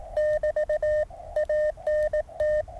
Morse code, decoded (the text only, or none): <BT> ANT